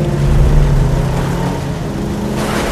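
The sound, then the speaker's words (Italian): A Brough Superior motorcycle engine accelerates on a small country road on a spring morning, with a loud, continuous roar, its low droning hum holding steady and thick throughout, with no voices present. “A velocità sempre crescente, percorre a bordo della sua Brough Superior una piccola strada di campagna che porta da Bovington Camp a Cloud Hill.”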